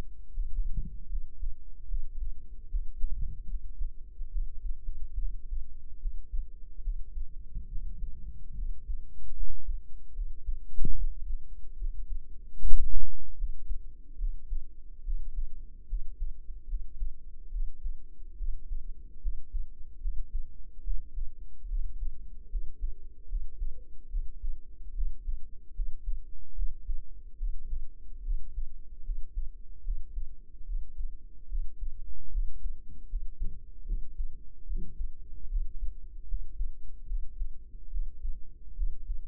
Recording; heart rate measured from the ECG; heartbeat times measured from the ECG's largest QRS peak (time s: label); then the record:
heart sounds by microphone in the right ear; 73 bpm
0.31 s: heartbeat
1.07 s: heartbeat
1.86 s: heartbeat
2.68 s: heartbeat
3.46 s: heartbeat
4.29 s: heartbeat
5.16 s: heartbeat
5.99 s: heartbeat
6.81 s: heartbeat
7.67 s: heartbeat
8.54 s: heartbeat
9.34 s: heartbeat
10.12 s: heartbeat
10.93 s: heartbeat
11.75 s: heartbeat
12.58 s: heartbeat
13.35 s: heartbeat
14.16 s: heartbeat
15.02 s: heartbeat
15.86 s: heartbeat
16.66 s: heartbeat
17.49 s: heartbeat
18.35 s: heartbeat
19.19 s: heartbeat
19.99 s: heartbeat
20.81 s: heartbeat
21.66 s: heartbeat
22.48 s: heartbeat
23.26 s: heartbeat
24.08 s: heartbeat
24.92 s: heartbeat
25.73 s: heartbeat
26.53 s: heartbeat
27.36 s: heartbeat
28.21 s: heartbeat
29.02 s: heartbeat
29.82 s: heartbeat
30.64 s: heartbeat
31.46 s: heartbeat
32.30 s: heartbeat
33.07 s: heartbeat
33.84 s: heartbeat
34.64 s: heartbeat
35.47 s: heartbeat
36.25 s: heartbeat
37.05 s: heartbeat
37.88 s: heartbeat
38.74 s: heartbeat
From the record:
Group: healthy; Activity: rest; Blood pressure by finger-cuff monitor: 104/84 mmHg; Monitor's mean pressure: 90 mmHg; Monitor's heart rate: 73 bpm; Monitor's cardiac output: 5.5 L/min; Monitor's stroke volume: 75 mL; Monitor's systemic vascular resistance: 1200 dyn s/cm5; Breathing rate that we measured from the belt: 18 breaths a minute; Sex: female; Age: 22 years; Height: 160 cm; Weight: 45 kg